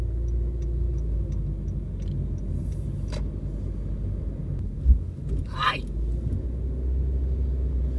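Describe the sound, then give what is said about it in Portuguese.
A steady low road rumble from a moving car, broken by one sharp, heavy thud as a wheel drops into a pothole just after a speed bump, followed by a person's brief startled exclamation. “Buraco aqui depois da lombada.”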